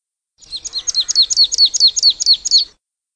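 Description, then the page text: Marsh tit calling in a fast run of about a dozen high, downslurred notes, forming a short even series against silence. Playback recording used for a marsh tit survey. "Hampshire Ornithological Society 2023 Marsh Tit Survey"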